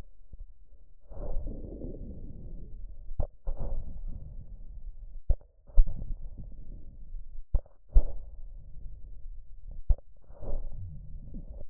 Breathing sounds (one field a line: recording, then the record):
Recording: lung sounds by stethoscope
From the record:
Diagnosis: chronic bronchitis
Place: left posterior upper chest